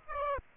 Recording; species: mosquito wingbeat signal from an infrared sensor; Aedes aegypti